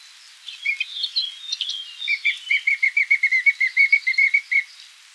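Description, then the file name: Eurasian blackcap: soft warbled phrases, then a fast, even series of many short notes. "Sylvia atricapilla"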